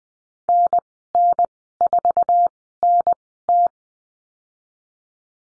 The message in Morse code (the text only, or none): NN4NT